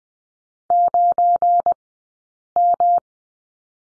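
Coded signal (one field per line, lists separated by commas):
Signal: Morse code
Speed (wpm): 20 wpm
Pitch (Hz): 700 Hz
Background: none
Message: 9M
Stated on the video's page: Morse course lesson on number 9 with two characters, at Farnsworth speed of 20/10 wpm.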